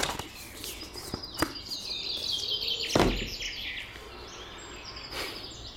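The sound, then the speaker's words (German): Several birds of unknown species chirp and tweet in a park in overlapping high, thin calls over a steady background hiss, broken by a few sharp bursts that sound like fluttering wings. No one speaks. “Keine Ahnung, was das für Vögel sind.”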